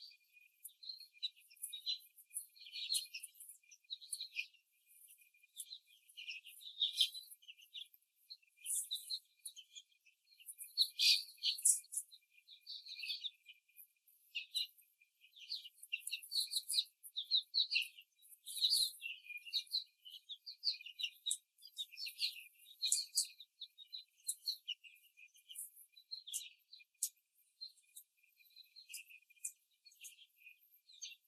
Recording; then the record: young laying hens in a cage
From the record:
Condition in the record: after the stressor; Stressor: simulated dog barking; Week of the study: 3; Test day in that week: 1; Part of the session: 2